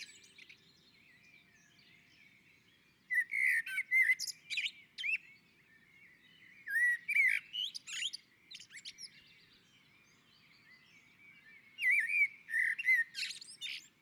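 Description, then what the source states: Common blackbird song in three phrases with short pauses between, each a fluted warble mixed with high scratchy twitters. On a roof.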